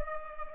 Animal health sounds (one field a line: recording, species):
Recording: mosquito wingbeat signal from an infrared sensor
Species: Culex pipiens